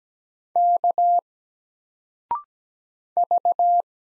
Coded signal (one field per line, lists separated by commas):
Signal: Morse code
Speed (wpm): 17 wpm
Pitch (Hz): 700 Hz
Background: none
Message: K V